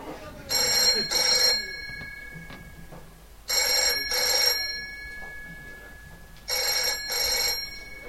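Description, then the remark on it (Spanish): A telephone rings on an outgoing call placed for a live interview connection: three double bursts of a bright, electronic ringing tone, evenly spaced with pauses between, over a low background hum. “Entonces, me ha prometido que la conexión en directo la iba a mantener, iba a cogerme el teléfono. Vamos a llamar para ver si realmente es así.”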